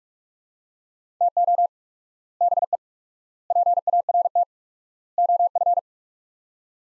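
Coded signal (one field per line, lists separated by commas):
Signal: Morse code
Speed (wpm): 46 wpm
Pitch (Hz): 700 Hz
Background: none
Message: TO BE PART OF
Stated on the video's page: Morse practice at 45 wpm sending sets of four words with 4x word spacing, a Farnsworth-like method.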